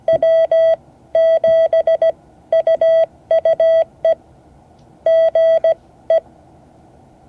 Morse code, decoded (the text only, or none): W7UUE GE